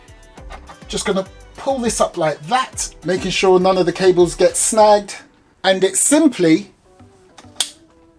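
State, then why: Seated. Someone talks while pulling up the plastic boom section of an RC construction vehicle's crane/drill assembly, keeping its cables from snagging. The section snaps and locks onto its mount with a sharp click at 7.6 s, seated in its locked position.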